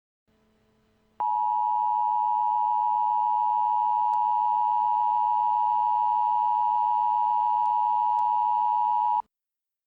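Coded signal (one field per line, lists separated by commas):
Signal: Emergency Alert System (SAME) tones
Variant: 853 and 960 Hz attention tone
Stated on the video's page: Fictional comedic EAS scenario.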